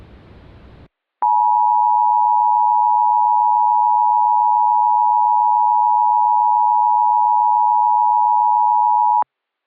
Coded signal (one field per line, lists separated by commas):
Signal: Emergency Alert System (SAME) tones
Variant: 853 and 960 Hz attention tone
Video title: THE CHRISTMAS STAR (EAS)